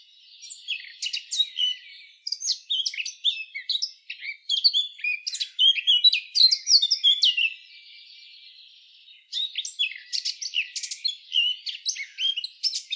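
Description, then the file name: Eurasian blackcap warbling continuously in quick, chattering, high-pitched phrases, with a short lull of softer twitter before a final burst of scratchy notes. "Sylvia atricapilla"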